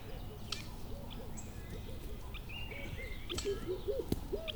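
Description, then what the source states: Birds calling: scattered chirps and short rising whistles over a rolling series of low clucking notes, with constant low background noise. Calls of countryside birds.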